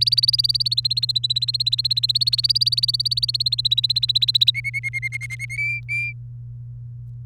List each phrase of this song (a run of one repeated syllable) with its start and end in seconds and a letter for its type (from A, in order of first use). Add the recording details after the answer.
0.00-4.51 A, 4.54-5.57 B, 5.58-6.13 C. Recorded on 28 April 2018 at 05:47. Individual llb3